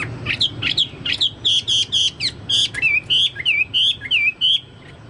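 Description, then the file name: Chinese hwamei song: rapid bright whistles, then a series of clear slurred notes repeated in quick succession, with a faint low hum beneath. "hwamei-2-omkicau"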